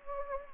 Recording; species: mosquito wingbeat signal from an infrared sensor; Anopheles gambiae